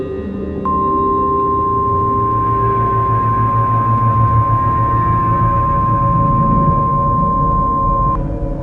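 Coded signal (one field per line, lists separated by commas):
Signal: Emergency Alert System (SAME) tones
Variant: 1050 Hz attention tone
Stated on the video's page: Fictional scenario alert, not a real broadcast.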